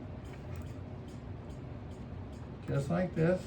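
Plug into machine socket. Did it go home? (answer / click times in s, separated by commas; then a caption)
no / none. A plug is handled and lined up with its socket on a Triad Aer machine before being pushed home, with quiet, low handling noise throughout and someone talking near the end. Nothing has seated or clicked yet.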